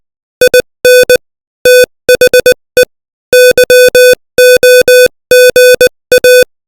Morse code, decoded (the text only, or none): IN THE YOGA